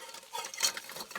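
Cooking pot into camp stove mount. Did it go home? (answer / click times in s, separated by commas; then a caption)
no / none. An empty cooking pot is worked onto a camp stove mount, giving short metallic scrapes and light knocks, with sharper taps at about 0.5, 0.8 and 1.2 seconds. It fails to lock into place because of the handle and should lock once it has water in it. Nothing has seated or clicked yet.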